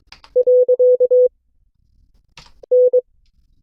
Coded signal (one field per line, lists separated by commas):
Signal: Morse code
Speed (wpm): 22 wpm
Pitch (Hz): 500 Hz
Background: none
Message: .N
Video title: CW Class - Session 5 (2026-02-19)